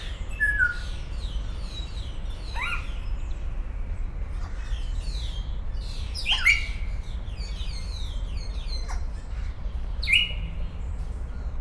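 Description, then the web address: Grey parrot calling with sharp whistled notes that swoop up and down, given in separate bursts over a low background rumble. Captive in a zoo, 2011; described as interesting sounds. "szegedizoo. jakopapagaj"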